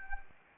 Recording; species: mosquito wingbeat signal from an infrared sensor; Anopheles arabiensis